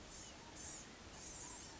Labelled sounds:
Blue-gray Gnatcatcher

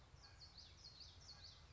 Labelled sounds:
Common Yellowthroat

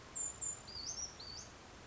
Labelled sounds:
Brown Creeper

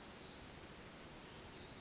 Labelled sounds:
Pacific Wren

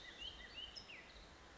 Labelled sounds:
California Towhee

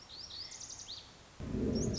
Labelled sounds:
Lazuli Bunting

